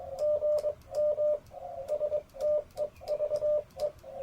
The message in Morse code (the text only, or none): GM STEVE